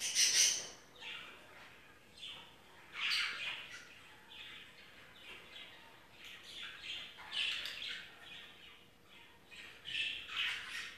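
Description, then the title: Budgerigar calls, repeated bursts of high sharp chirps and squeaky notes, with quieter warbling between them. "Budgie Sounds"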